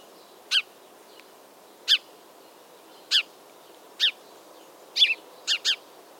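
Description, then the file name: House sparrow chirps, short bright notes given singly at uneven intervals of about a second, with a quick pair near the end, over faint steady background hiss. "Passer domesticus"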